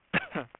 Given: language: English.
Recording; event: throat vibration sensor signal played as sound; cough